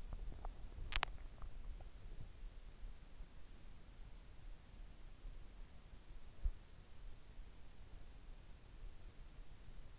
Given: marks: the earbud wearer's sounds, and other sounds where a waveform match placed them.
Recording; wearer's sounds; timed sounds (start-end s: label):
sounds in sleep by an in-ear microphone; swallowing
0.00-2.41 s: swallowing